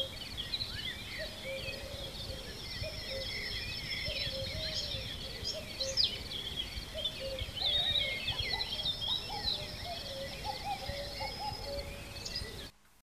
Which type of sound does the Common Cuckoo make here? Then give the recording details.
song. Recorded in the wild. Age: adult. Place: Treffen am Ossiacher See, Kärnten, AT. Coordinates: 46.669, 13.941. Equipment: Hornyphon Bandgerät, Phillips Mikrofon Type EL 6020, Kopie DAT. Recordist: Brunner, Thomas